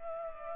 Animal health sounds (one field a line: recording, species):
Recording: mosquito wingbeat signal from an infrared sensor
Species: Culex pipiens